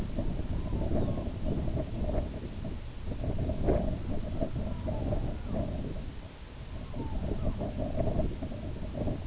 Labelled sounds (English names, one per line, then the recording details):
Red-throated Loon
unidentified sound
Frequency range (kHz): Red-throated Loon 0.1-2.1 kHz
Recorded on Arctic tundra, site IGLO-B, on 19 June 2018
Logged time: 23:59